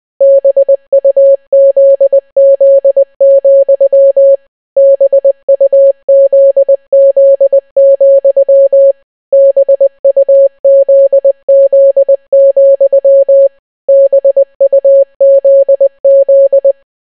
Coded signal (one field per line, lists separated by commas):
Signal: Morse code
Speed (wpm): 20 wpm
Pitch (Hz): 550 Hz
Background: none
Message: BUZZ, BUZZ, BUZZ, BUZZ